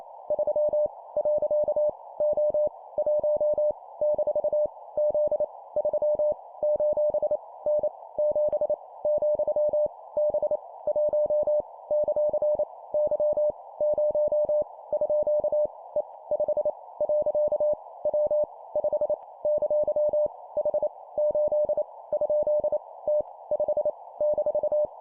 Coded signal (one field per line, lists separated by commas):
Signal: Morse code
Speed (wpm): 28 wpm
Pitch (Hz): 600 Hz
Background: none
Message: 3 . O 1 - Z 3 : N 7 , B 1 ; Y 0 _ E 5 . W 5 ! H 8 ? T 5 -